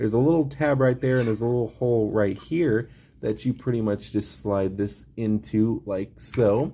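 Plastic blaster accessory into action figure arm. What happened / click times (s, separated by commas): No seating click yet; the small plastic part is only being positioned while someone talks / none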